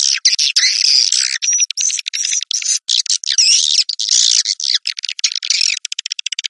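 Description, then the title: Swiftlet chattering calls, an almost continuous stream of harsh, buzzy twitters with brief gaps, ending in a run of rapid clicking notes. "Suara Burung Wallet"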